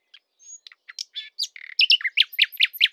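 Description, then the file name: Common nightingale song: scattered thin notes building into loud, rapid repeated chirps and whistled trills, rich and varied, on a silent background. "Luscinia megarhynchos"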